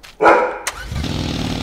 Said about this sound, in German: Wenn er bellt, wird's laut, ne? Großer Bär.